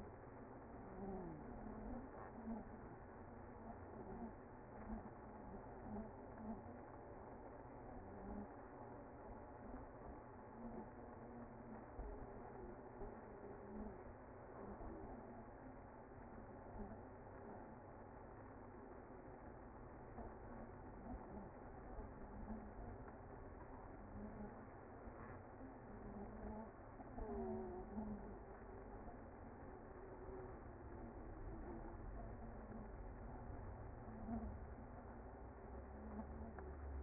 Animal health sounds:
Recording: honeybee colony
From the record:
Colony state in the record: active

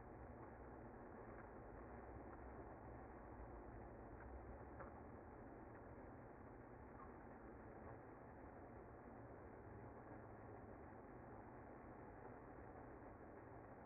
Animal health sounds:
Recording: honeybee colony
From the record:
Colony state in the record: active

